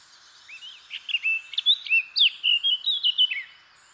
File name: Sylvia atricapilla